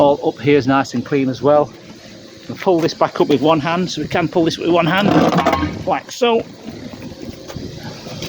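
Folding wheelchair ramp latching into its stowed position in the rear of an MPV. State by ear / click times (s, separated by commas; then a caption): seated / 8.2 s. Someone talks while lifting the folding rear wheelchair ramp of a December 2014 Citroen Berlingo 1.6 HDi Plus Multispace MPV with only 4k miles back up with one hand. A single knock-like hit at 8.2 s marks the ramp locking into its upright stowed position, and the ramp is latched.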